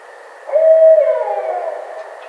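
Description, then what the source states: Barred owl giving a single drawn-out hoot that holds steady, then slides downward and trails off. Recorded 27 April 2009.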